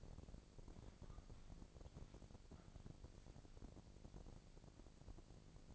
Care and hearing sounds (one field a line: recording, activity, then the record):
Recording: daily activity, microphone in the room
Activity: walk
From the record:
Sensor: 5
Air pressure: 1012.2 hPa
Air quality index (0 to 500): 161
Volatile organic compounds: 2 ppm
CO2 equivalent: 1104 ppm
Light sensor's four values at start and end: 343/827/353/393 and 343/828/353/393